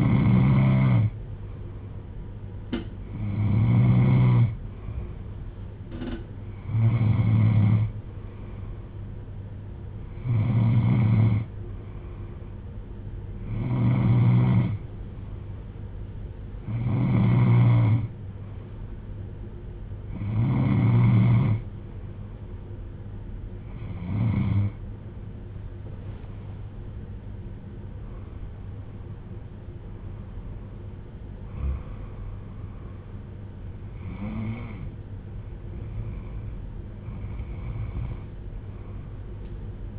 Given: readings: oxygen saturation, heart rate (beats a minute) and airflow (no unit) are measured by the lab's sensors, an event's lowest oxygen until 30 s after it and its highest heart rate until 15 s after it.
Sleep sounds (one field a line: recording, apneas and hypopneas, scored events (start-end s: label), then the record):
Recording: breathing in sleep by a smartphone at the bedside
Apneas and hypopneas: none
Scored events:
19.00-39.99 s: new sleep stage, N2 (light sleep)
From the record:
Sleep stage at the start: N3 (deep sleep)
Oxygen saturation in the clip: 93 to 95%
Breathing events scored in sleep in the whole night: 310 in 8.1 hours asleep